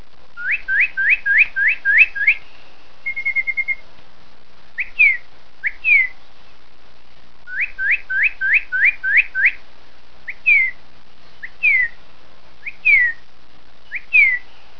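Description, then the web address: Bird giving quick runs of sharp whistled notes, a short steady trill, and spaced single whistled notes. "ljesun sounds bird"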